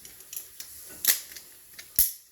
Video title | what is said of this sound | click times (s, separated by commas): how to change out garbage disposal,quick | which is you'll hear that snap and you'll know it's in | 2.0 s